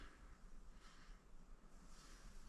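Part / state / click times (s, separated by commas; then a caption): squeegee rubber clip into squeegee channel / not seated / none. A squeegee rubber clip is handled near the metal squeegee channel after the rubber has been flipped, with only steady, low broadband rustling and no sharp hits. Nothing has seated or clicked yet; the clip is not yet locked into the channel.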